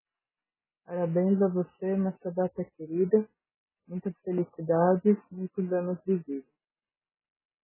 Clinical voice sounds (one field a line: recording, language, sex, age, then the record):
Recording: short text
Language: Brazilian Portuguese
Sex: female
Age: 30 to 39 years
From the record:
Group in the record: control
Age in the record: 39 years